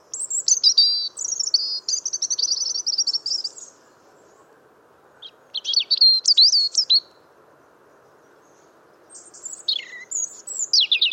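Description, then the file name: European robin singing three separate high, sweet, twittering phrases with trills and quick sliding notes, broken by pauses of a few seconds. "Erithacus rubecula"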